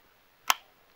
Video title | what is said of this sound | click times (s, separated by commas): Handgun Holster Options | hear that snap or that click in order to | 0.5 s